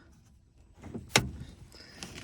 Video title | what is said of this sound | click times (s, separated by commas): Why wont my car door open 2011 highlander | that snapped back in so that is now uh back together | 1.2 s